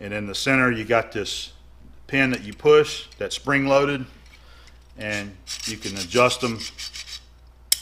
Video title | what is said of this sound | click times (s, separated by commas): SNS 148: Machining 12" Shaft, Internal Threading, Hand Tapping | to wherever you want and it clicks back in. | 7.7 s